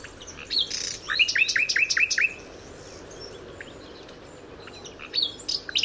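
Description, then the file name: Common nightingale song: a sharp opening note followed by a rhythmic run of several whistled notes, a pause, then scattered high chips. "Luscinia megarhynchos"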